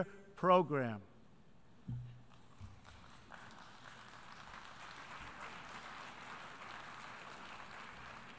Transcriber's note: applause